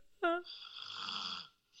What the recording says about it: The girlfriend snoring. It's a lot more delicate. I don't think that's anywhere near as bad.